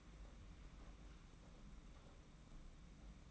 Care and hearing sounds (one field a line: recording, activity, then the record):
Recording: daily activity, microphone in the room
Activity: open fridge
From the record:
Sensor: 1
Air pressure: 991.9 hPa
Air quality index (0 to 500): 205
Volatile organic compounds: 1000 ppm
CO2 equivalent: 7934 ppm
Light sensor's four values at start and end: 29/101/39/39 and 29/101/39/39